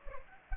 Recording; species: mosquito wingbeat signal from an infrared sensor; Culex pipiens